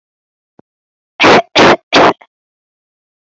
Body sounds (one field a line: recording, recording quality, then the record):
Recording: shallow voluntary cough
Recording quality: excellent, no background noise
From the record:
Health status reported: COVID-19 positive, no symptoms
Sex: female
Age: 20 years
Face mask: not worn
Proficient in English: yes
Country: India